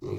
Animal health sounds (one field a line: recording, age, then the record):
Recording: pig call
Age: weaner (32 to 43 days)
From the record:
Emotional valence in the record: negative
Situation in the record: short isolation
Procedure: open field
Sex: female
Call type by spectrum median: low-frequency call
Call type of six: low-frequency stable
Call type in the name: low-frequency stable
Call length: 0.18 s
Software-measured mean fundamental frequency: 53 Hz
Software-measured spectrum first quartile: 134 Hz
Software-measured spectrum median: 306 Hz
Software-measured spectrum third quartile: 417 Hz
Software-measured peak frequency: 372 Hz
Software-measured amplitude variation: 165 dB a second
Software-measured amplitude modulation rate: 24.6 a second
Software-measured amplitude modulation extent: 6.7 dB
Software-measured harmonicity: 2.1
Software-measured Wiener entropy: 0.02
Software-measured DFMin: 863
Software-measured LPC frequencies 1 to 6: 371, 1052, 2271, 3884, 5059, 5847 Hz